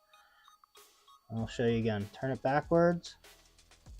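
A small screw sits in a console housing thread and is turned backwards (counter-clockwise) with a magnetic-tip screwdriver to find the start of the thread. Someone talks over faint, light handling ticks near the start and end. Nothing has clicked into the thread or seated yet.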